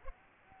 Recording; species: mosquito wingbeat signal from an infrared sensor; Aedes aegypti